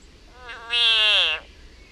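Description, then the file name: Frog distress scream: one loud, harsh, nasal wail lasting about a second, swelling from a weak onset and sagging slightly in pitch at the end. Frog in agony. "agony of a frog"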